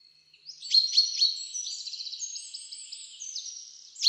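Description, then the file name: Common chaffinch song: three loud, sharp downslurred notes followed by a softer, rapid series of high, tinkling repeated elements, with a new note beginning at the close. "Fringilla coelebs"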